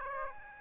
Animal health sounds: mosquito wingbeat signal from an infrared sensor; Aedes aegypti

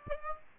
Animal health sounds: mosquito wingbeat signal from an infrared sensor; Aedes aegypti

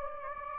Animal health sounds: mosquito wingbeat signal from an infrared sensor; Anopheles gambiae

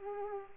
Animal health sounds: mosquito wingbeat signal from an infrared sensor; Culex pipiens

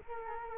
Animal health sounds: mosquito wingbeat signal from an infrared sensor; Culex quinquefasciatus

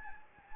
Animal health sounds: mosquito wingbeat signal from an infrared sensor; Anopheles gambiae

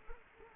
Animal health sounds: mosquito wingbeat signal from an infrared sensor; Culex quinquefasciatus

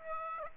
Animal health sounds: mosquito wingbeat signal from an infrared sensor; Aedes aegypti

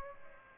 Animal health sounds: mosquito wingbeat signal from an infrared sensor; Aedes aegypti

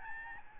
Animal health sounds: mosquito wingbeat signal from an infrared sensor; Aedes albopictus

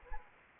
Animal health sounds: mosquito wingbeat signal from an infrared sensor; Anopheles arabiensis

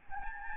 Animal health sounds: mosquito wingbeat signal from an infrared sensor; Aedes albopictus

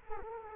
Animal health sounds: mosquito wingbeat signal from an infrared sensor; Culex quinquefasciatus

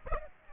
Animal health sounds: mosquito wingbeat signal from an infrared sensor; Aedes aegypti

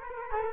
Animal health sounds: mosquito wingbeat signal from an infrared sensor; Culex quinquefasciatus

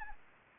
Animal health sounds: mosquito wingbeat signal from an infrared sensor; Anopheles gambiae

